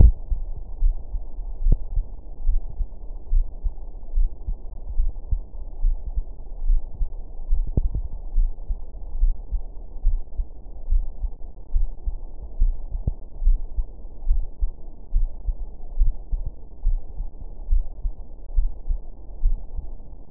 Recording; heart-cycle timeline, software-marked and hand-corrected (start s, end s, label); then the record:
heart sounds
0.00	0.02	diastole
0.02	0.14	S1
0.14	0.30	systole
0.30	0.42	S2
0.42	0.82	diastole
0.82	0.96	S1
0.96	1.12	systole
1.12	1.22	S2
1.22	1.64	diastole
1.64	1.78	S1
1.78	1.96	systole
1.96	2.06	S2
2.06	2.46	diastole
2.46	2.60	S1
2.60	2.78	systole
2.78	2.88	S2
2.88	3.32	diastole
3.32	3.46	S1
3.46	3.64	systole
3.64	3.74	S2
3.74	4.16	diastole
4.16	4.30	S1
4.30	4.46	systole
4.46	4.56	S2
4.56	4.98	diastole
4.98	5.12	S1
5.12	5.30	systole
5.30	5.40	S2
5.40	5.82	diastole
5.82	5.96	S1
5.96	6.14	systole
6.14	6.24	S2
6.24	6.64	diastole
6.64	6.80	S1
6.80	6.98	systole
6.98	7.08	S2
7.08	7.50	diastole
7.50	7.66	S1
7.66	7.86	systole
7.86	7.96	S2
7.96	8.36	diastole
8.36	8.50	S1
8.50	8.68	systole
8.68	8.78	S2
8.78	9.20	diastole
9.20	9.34	S1
9.34	9.52	systole
9.52	9.62	S2
9.62	10.06	diastole
10.06	10.20	S1
10.20	10.38	systole
10.38	10.46	S2
10.46	10.90	diastole
10.90	11.04	S1
11.04	11.22	systole
11.22	11.32	S2
11.32	11.74	diastole
11.74	11.88	S1
11.88	12.06	systole
12.06	12.16	S2
12.16	12.60	diastole
12.60	12.74	S1
12.74	12.92	systole
12.92	13.02	S2
13.02	13.44	diastole
13.44	13.58	S1
13.58	13.76	systole
13.76	13.86	S2
13.86	14.28	diastole
14.28	14.42	S1
14.42	14.60	systole
14.60	14.70	S2
14.70	15.14	diastole
15.14	15.28	S1
15.28	15.46	systole
15.46	15.56	S2
15.56	15.98	diastole
15.98	16.12	S1
16.12	16.32	systole
16.32	16.42	S2
16.42	16.86	diastole
16.86	17.00	S1
17.00	17.18	systole
17.18	17.28	S2
17.28	17.70	diastole
17.70	17.84	S1
17.84	18.02	systole
18.02	18.12	S2
18.12	18.56	diastole
18.56	18.70	S1
18.70	18.88	systole
18.88	18.98	S2
18.98	19.44	diastole
19.44	19.58	S1
19.58	19.78	systole
19.78	19.88	S2
19.88	20.30	diastole
From the record:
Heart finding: coronary artery disease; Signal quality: good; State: rest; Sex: female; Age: 77 years